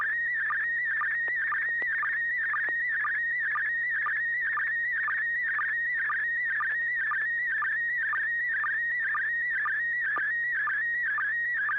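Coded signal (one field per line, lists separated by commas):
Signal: SSTV (slow-scan television)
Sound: steady warbling whistle around 2 kHz with a regular click-like dip about twice a second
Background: low hum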